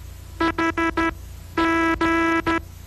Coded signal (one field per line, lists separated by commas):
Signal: Morse code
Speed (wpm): 13 wpm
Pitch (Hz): 330 Hz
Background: music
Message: HG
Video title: AWA Classics - The Early Years of Amateur Radio